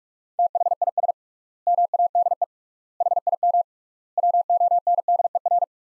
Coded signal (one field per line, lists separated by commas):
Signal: Morse code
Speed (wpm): 46 wpm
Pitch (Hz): 700 Hz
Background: none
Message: THIS MADE HIM WONDER